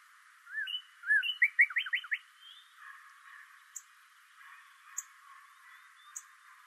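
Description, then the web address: Bird song phrase of two whistles and a rapid run of sliding notes, then quieter background with a few faint high ticks. Recorded 26 March 2012. "sounds birds 2012 03 26 bird 01"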